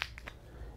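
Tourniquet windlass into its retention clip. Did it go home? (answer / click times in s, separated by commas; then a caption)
yes / 0.0 s. The metal windlass rod of a SOF-T tourniquet is turned and, after some fumbling, seated into its triangle retention clip, with a sharp click at 0.0 s. Two fainter clicks follow at about 0.2 and 0.3 s, and the windlass is confirmed locked in place.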